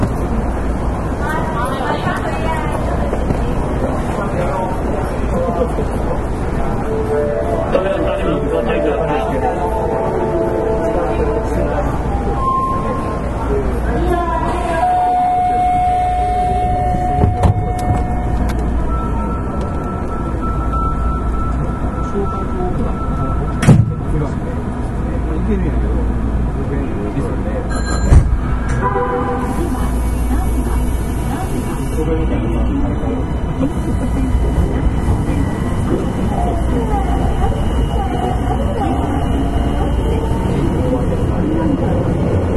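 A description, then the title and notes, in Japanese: A Kitakyu 9000 series train on the Osaka Midosuji subway line runs with a steady low rumble throughout, overlaid with rising and falling motor whine tones. Voices murmur in the background, and sharp clicks or knocks stand out around 24 and 28 seconds. 北大阪急行 9000系。大阪市営地下鉄 御堂筋線内。新大阪から中百舌鳥までです。この時もご多分にもれず多客で。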